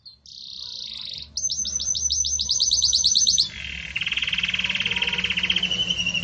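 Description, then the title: Belgian canary singing: a steady high trill, then a pulsing roll, then after a brief pause a lower rattling trill. Belgian canary; pure "campainha" song with pauses, for training. "Canto Canário Belga Campainha Puro Com Pausa Para Treinamento"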